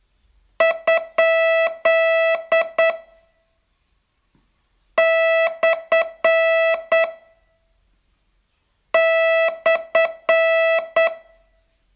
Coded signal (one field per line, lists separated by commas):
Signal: Morse code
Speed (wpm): 8 wpm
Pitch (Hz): 660 Hz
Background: none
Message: ? / /